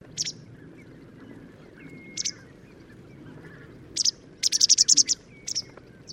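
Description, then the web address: Bird calls: sharp, very high chips, a few spaced single notes, then a quick run of several near the end, with faint thin whistles between over steady low hiss. "Deverinetal 2025 File origin Bird Only"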